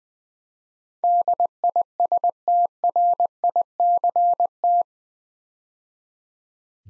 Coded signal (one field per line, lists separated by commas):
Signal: Morse code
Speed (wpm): 20 wpm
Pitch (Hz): 700 Hz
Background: none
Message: DISTRICT